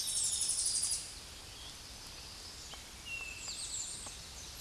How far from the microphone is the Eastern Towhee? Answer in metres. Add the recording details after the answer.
about 35 m. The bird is about 10 m below the microphone. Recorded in a Pennsylvania forest on 16 May 2024 at 08:25. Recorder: AudioMoth, point MSD-1893. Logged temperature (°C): 16.6 °C. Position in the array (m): 2 m, 43 m